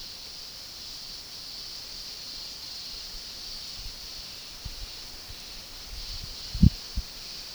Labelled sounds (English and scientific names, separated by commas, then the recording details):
none
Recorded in pastures near Puerto Asís, Putumayo, Colombia, on 20 February 2024 at 11:30
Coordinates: 0.486, -76.323
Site G6462